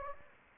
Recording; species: mosquito wingbeat signal from an infrared sensor; Anopheles gambiae